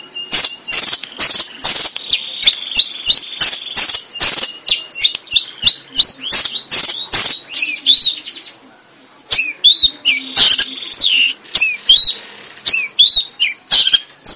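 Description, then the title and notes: Sooty-headed bulbul song: rapid, busy bursts of high chirps and sharp downslurred whistles, nearly continuous with a brief pause midway. Bird described as gacor, singing vigorously and often. "kutilang gacor"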